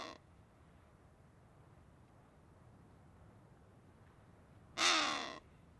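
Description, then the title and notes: Wattled ibis giving a single harsh, rasping call near the end, after a few seconds of quiet; another call is cut off at the very start. Small group feeding on crags on the Sanetti Plateau. "Wattled Ibises On The Sanetti Plateau. A small group of Wattled Ibis feeding on crags in the Sanetti Plateau"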